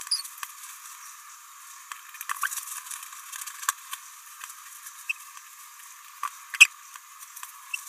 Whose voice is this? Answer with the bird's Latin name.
Forpus passerinus